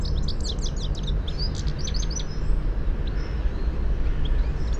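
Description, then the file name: European goldfinch calls, a quick burst of bright, liquid twittering notes at the start, then a few sparse chirps above a constant low background roar. "Carduelis carduelis"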